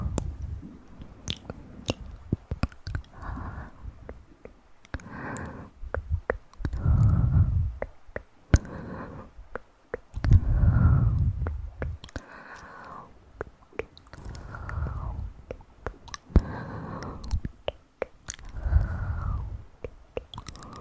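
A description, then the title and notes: Chewing and crunching sounds repeat in bursts every two seconds or so, with sharp clicks, wet squishes and muffled low thumps. Play with your ears.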